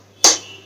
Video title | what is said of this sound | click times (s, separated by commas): #WeekendVlog ఈ ఆదివారం అత్తయ్య వాళ్ల ఇంట్లో ఇలా గడిపాము! #villagevlogs, Indian mom weekend routine | lock అవుతుంది, అప్పుడు ఆన్ చేస్తే నడుస్తుంది అనమాట. | 0.2 s